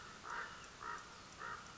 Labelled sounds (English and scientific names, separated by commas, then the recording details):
Common Raven (Corvus corax)
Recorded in Sonoma County, California